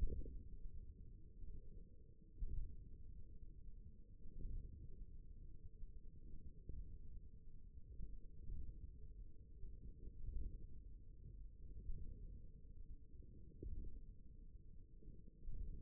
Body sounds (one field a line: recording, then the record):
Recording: forearm muscle sounds (acoustic myography)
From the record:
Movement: radial deviation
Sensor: system 1, eight BSWA MPA416 microphones around the upper forearm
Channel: 1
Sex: male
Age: 54 years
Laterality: right